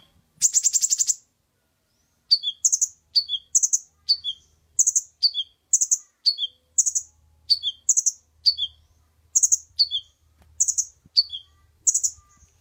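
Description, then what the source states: Oriental magpie-robin: a dense buzzy burst, then a steady rhythm of paired notes, a lower descending note followed by a high sharp chirp, repeated many times over a faint hum. Champion contest bird singing prolifically (gacor).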